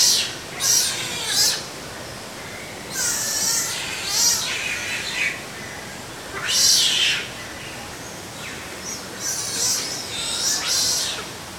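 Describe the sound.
Otter squeaky calls: high, harsh chirps and whistled squeals in short bursts, repeated irregularly, over a faint hiss.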